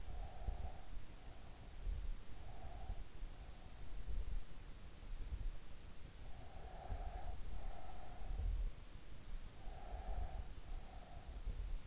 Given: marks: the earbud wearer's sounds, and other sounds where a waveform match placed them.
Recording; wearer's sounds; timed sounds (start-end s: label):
sounds in sleep by an in-ear microphone; breath
0.00-1.21 s: breath
2.03-3.53 s: breath
6.46-8.81 s: breath
9.74-11.87 s: breath